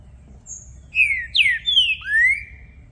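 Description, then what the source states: Green-winged saltator giving a short phrase of four loud, clear whistles that swoop up and down in pitch. Recording used to warm up a contest bird. The bird is described as a brave male calling, singing and showing male display, switching between many song types to open its song.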